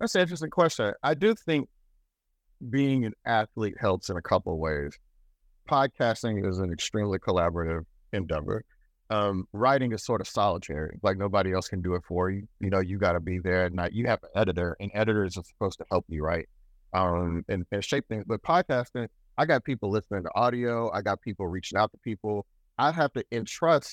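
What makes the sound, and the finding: Adult man. Typical speech.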